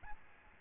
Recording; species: mosquito wingbeat signal from an infrared sensor; Aedes albopictus